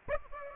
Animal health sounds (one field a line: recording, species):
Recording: mosquito wingbeat signal from an infrared sensor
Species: Aedes aegypti